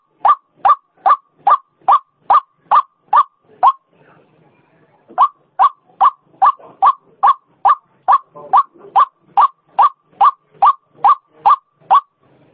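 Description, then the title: White-breasted waterhen calling, a steady string of short harsh croaks repeated two or three times a second, with a brief pause before the series resumes. Female bird; call used as a lure sound; local name ruak-ruak. "Suara Pikat Ruak Ruak Betina"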